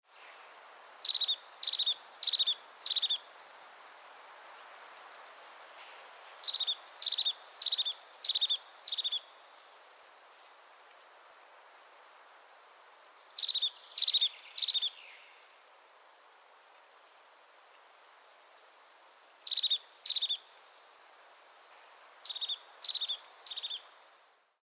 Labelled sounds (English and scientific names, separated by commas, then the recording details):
European Crested Tit (Lophophanes cristatus)
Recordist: Frommolt, Karl-Heinz
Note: Gesang